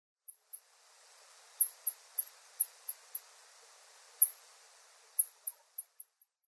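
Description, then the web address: Bat calls: faint, very high, sharp ticking chirps in irregular clusters, with a soft background hiss through the middle. Recorded in Ehime, Japan, on 12 December 2009. "koe komori 091212 ehime kuroda"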